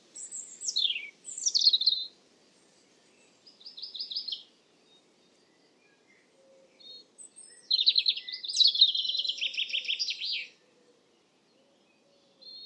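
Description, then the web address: European robin song of varied short phrases: thin descending whistles, a brief trill, a pause, then a rich rapid warbling run. "Deverinetal 2025"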